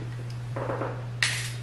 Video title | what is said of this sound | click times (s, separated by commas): Blue Yeti USB - Unboxing, test e connessione del microfono a computer e alla fotocamera - usb mic | usb che chiaramente va dentro nel suo alloggiamento in questa maniera fa clic e scatta in posizione | 1.2 s